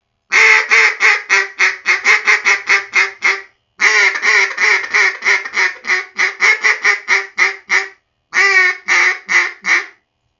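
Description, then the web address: Mallard greeting call: long runs of loud, nasal quacks in rapid series, three bouts separated by brief pauses. "Duck -Mallard Greeting"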